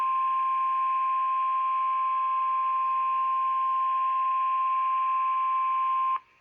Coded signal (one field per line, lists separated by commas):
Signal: Emergency Alert System (SAME) tones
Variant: 1050 Hz attention tone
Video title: Weekly Tests & A Few Civil Alerts (EAS #1418-#1427)